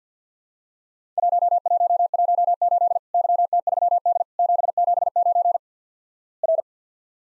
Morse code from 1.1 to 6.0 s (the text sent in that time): 1118 YT3D 779